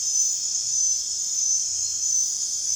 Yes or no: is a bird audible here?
no